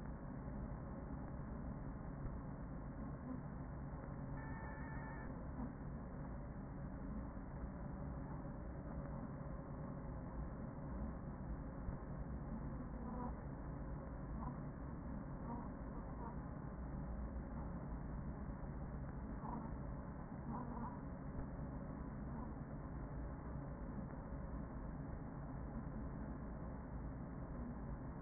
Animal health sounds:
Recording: honeybee colony, microphone inside the hive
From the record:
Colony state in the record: queen present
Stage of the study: after two queens were removed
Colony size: about 40,000 bees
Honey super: no

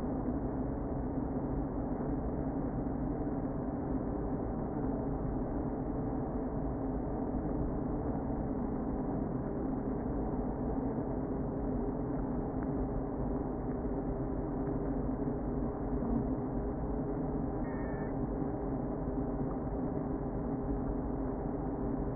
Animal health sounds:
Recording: honeybee colony, microphone inside the hive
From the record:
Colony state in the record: queen present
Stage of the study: before two queens were removed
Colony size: about 60,000 bees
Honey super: yes

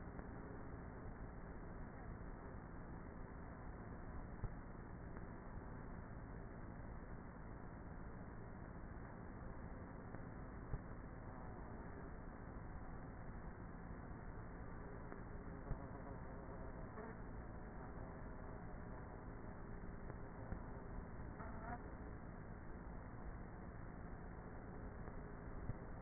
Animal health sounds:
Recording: honeybee colony, microphone inside the hive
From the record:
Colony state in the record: queenless with a low population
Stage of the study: before two queens were removed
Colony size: about 30,000 bees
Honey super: no

